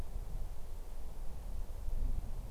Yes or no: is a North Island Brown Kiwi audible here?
no